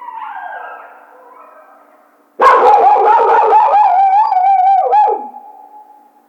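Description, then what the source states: Coyote howling: a faint wavering howl fades out, then a loud sustained tremolo howl with wobbling pitch, ending in a falling note. Howl; recorded 2010-02-01.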